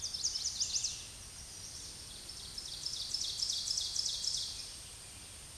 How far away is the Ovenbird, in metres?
about 30 m